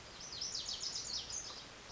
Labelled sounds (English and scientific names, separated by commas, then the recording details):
Lazuli Bunting (Passerina amoena)
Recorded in Sonoma County, California